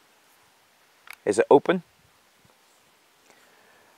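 A ZEISS DTC 3/38 thermal clip-on attachment, its clip opened, is brought down toward a riflescope while someone talks, with a brief sharp click-like transient at about 1.1 s followed later by faint soft rustles. The attachment is only being lined up and has not seated or clicked yet.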